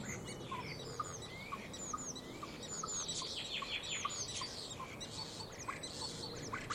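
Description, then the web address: Common starling chatter mixing sliding whistles, clicks and scratchy notes in a busy, overlapping stream over a low background rumble. "Deverinetal 2025. Bird Only"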